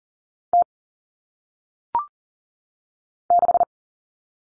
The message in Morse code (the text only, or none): T 6